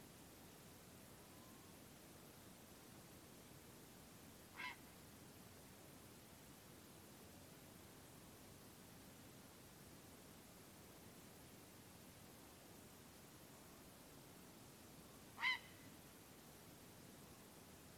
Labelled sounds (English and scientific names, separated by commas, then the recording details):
Grey Heron (Ardea cinerea)
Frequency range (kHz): Grey Heron (Ardea cinerea) 0.7-6.1 kHz
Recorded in France